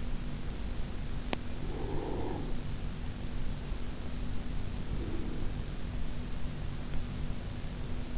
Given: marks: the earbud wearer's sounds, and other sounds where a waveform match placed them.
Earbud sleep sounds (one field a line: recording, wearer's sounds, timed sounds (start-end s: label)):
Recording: sounds in sleep by an in-ear microphone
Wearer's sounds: breath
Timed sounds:
1.47-2.76 s: breath